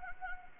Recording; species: mosquito wingbeat signal from an infrared sensor; Anopheles gambiae